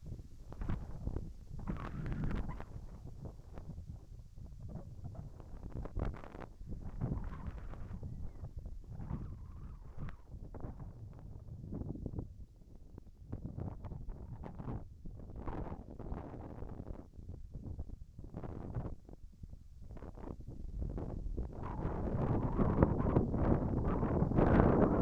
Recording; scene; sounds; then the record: everyday scene through a hearing-aid microphone; wind on the microphone; wind, whistling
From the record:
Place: in front of a rural house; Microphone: behind the ear, right, front